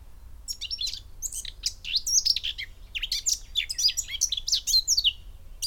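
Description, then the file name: Eurasian blackcap song: a scratchy, high warble of quick varied notes with a few clearer whistles, singing throughout with brief pauses. "Sylvia atricapilla"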